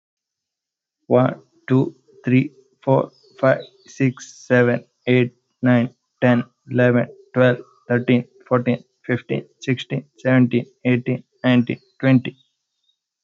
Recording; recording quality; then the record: counting at a normal pace; excellent, no background noise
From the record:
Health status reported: healthy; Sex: male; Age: 30 years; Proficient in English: yes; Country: India